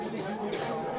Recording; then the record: coughing mixed with background sound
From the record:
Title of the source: female coughing - coughing sound effects girl